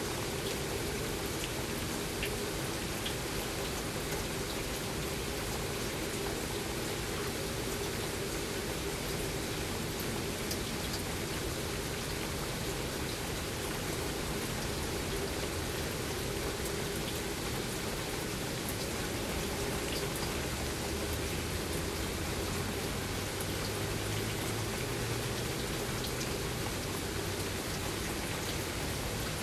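Steady, dense rain hisses evenly throughout, with scattered brighter drop ticks and a faint low hum rising slightly near the end.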